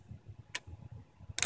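A fingertip, not a screwdriver, flips open the second low-profile cable connector latch on a Samsung LCD TV circuit board, since it needs little force and must be handled carefully. A short, bright click comes at 0.6 s over faint low rumbling, followed by a louder broadband burst near 1.4 s. The latch releases and is open.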